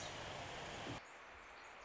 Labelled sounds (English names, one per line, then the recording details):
Pacific Wren
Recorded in Sonoma County, California